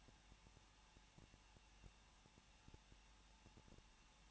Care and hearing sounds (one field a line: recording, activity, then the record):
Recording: daily activity, microphone in the room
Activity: no activity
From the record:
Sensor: 1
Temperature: 20.1 degrees Celsius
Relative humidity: 39.0%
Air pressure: 1006.6 hPa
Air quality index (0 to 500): 216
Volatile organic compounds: 71 ppm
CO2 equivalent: 3531 ppm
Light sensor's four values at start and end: 1/2/1/1 and 1/2/1/1